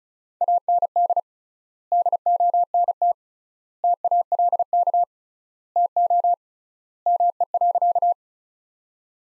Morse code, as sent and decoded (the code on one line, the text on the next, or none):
.- -. -.. / -.. --- -. - / - .- .-.. -.- / - --- / -- . .-.-.-
AND DONT TALK TO ME.